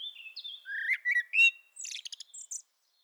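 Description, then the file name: Eurasian blackbird singing a brief phrase: drawn-out mellow whistles, then a quick series of thin, high chirps that fade out. "Turdus merula"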